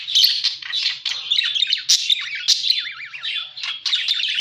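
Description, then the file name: Parakeet chattering with dense, scratchy squawks and chirps, including a clear warbling trill in the middle, continuous throughout. Lure sound used for catching birds. "pancingan suara burung parkit"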